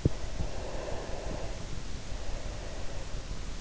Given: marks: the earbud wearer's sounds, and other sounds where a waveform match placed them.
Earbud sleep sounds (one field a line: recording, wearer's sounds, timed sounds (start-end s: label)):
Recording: sounds in sleep by an in-ear microphone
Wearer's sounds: breath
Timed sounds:
0.17-3.55 s: breath